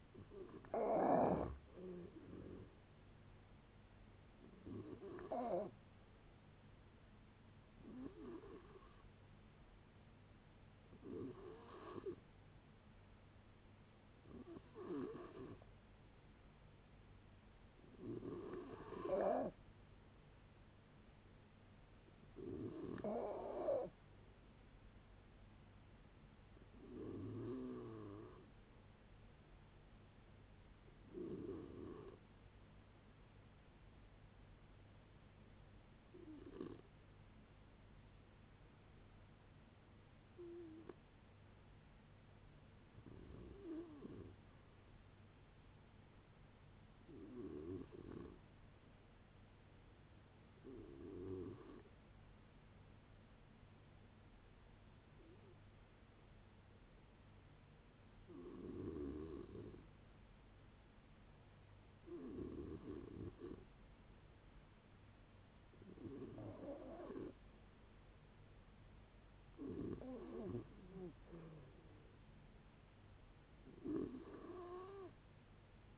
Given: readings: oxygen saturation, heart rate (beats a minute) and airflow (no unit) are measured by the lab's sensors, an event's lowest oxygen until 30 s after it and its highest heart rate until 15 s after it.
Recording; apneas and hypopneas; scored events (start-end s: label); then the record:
a person awake in a sleep study, by a voice recorder at the bedside; none
0.00-75.98 s: awake
0.00-75.98 s: awake
From the record:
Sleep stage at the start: awake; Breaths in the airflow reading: 25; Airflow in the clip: -0.7 to 0.7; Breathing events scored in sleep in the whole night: 496 in 5.4 hours asleep